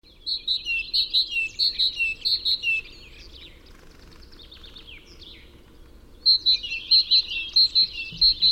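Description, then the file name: Great tit song: quick repeated two-note phrases in a bouncy rhythm, a pause with softer twittering, then the same phrases start again. "Parus major"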